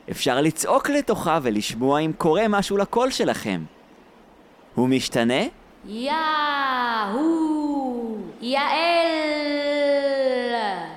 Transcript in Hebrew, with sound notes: אפשר לצעוק לתוכה ולשמוע אם קורה משהו לקול שלכם… הוא משתנה?
(צועקת עם הד) יה-הו! י-על!